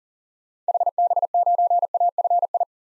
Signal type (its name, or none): Morse code